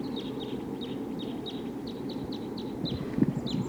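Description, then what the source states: Crossbill flight calls: a quick series of many short, high, downslurred notes over a steady low rumble. Wild flock of five crossbills, at least three red and one green, flying around a treetop above a road; field recording.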